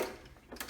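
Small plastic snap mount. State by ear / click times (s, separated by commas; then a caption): seated / 0.6 s. An RC4WD 1985 Toyota 4Runner (Trail Finder 2) truck body is lowered onto a CChand quick release body mount on the chassis, with the front bumper hooked over the fenders. After a short stretch of faint mechanical rustling, a small, sharp click sounds at 0.6 seconds as the body seats home. Afterwards it cannot be pushed front to back, so it is locked in the channels.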